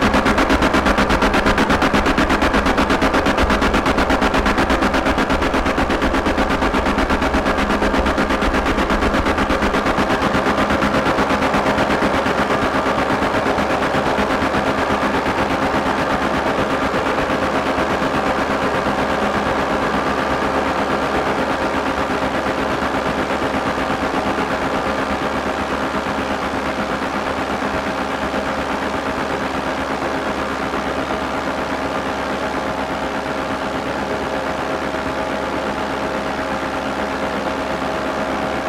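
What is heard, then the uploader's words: Long-wave radio static and tones are swept and shaped through effects into a dense, continuous wall of crackling noise with buzzing tonal lines. A heavy low rumble drops away after about ten seconds, and the sound thins slightly toward the end. Long Waves Scan is a performance that uses a radio receiver as the only sound source. The LW frequencies are scanned in real time and sculpted using effects pedals to create an improvisation of radio material depending on the place where it is played.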